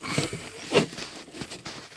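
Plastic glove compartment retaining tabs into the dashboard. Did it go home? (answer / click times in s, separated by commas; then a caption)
no / none. The plastic retaining tabs of a Chevy glove compartment are being gently pressed into the dashboard as it is reinstalled after a blend door actuator replacement. Soft handling rustles and light knocks are heard, with a louder broadband burst near 0.8 s and a smaller one at 1.7 s. Nothing has seated or clicked yet.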